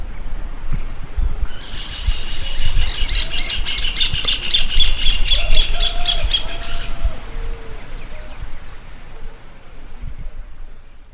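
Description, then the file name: Rufous hornero gives a loud, rapid series of shrill, ringing notes lasting about five seconds, over low rumbling background noise. Recorded in Socorro on 26 May 2011. "furnarius rufus socorro mmelo"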